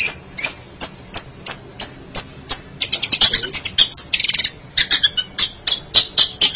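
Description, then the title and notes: Long-tailed Shrike song: a run of sharp, high repeated notes about three per second, then a dense burst of scratchy chattering before the sharp notes return. Recorded March 2017. "Pentet 201703. Suara burung pentet"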